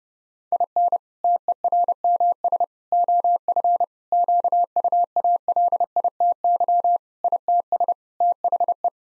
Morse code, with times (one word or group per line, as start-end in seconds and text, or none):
0.5-1.0 IN
1.2-2.6 TERMS
2.9-3.8 OF
4.1-7.0 QUALITY
7.2-7.9 ITS
8.2-8.9 THE